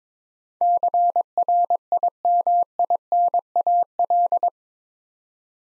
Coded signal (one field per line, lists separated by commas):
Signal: Morse code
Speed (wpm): 22 wpm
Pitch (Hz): 700 Hz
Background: none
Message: CRIMINAL